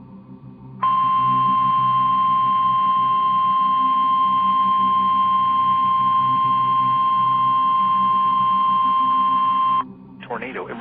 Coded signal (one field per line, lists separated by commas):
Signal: Emergency Alert System (SAME) tones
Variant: 1050 Hz attention tone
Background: speech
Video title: 4 Scariest Emergency Alerts & EAS Alarms (Vol. 5)